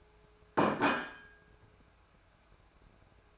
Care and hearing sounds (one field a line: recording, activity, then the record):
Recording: daily activity, microphone in the room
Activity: place plate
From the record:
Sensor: 2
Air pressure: 1014.9 hPa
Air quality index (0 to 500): 206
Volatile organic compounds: 21 ppm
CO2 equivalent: 2713 ppm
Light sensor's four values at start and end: 22/55/23/26 and 23/57/24/27